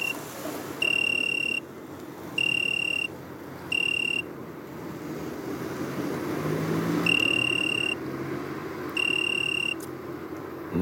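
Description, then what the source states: Italian tree cricket song: clear high pure-toned trills in bursts under a second long, separated by short pauses and one longer gap, over a steady low background hum. Singing from under a great mullein along a road in Scheveningen, Netherlands; identified by insect experts; species sometimes carried from French campsites on caravan bumpers and has colonised the river region.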